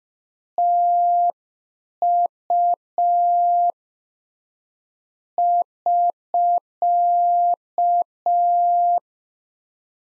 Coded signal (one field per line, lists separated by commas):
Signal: Morse code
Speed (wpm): 5 wpm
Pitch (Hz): 700 Hz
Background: none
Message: TU <SK>